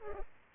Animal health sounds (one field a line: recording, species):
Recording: mosquito wingbeat signal from an infrared sensor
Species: Culex pipiens